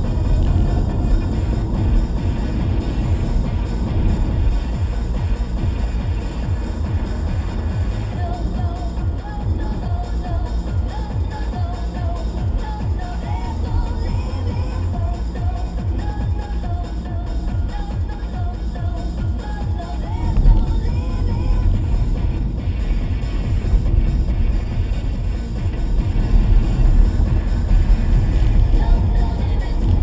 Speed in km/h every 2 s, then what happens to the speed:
66, 66, 69, 68, 68, 68, 64, 56, 52, 47, 42, 44, 52, 56, 63.
0-10 steady at about 68. 10-19 slows to 42. 22-30 speeds up to 63.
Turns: none.